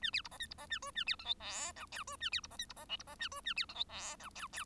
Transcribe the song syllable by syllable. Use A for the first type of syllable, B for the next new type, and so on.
A B C D E C D A F A B G H I J K F A B C D E C D L C D A F A B G H I J K K